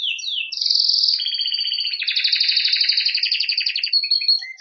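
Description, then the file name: Canary song: brief descending notes then an unbroken rapid rolling trill with layered tones, ending in a few short chirps. "Canary Voice"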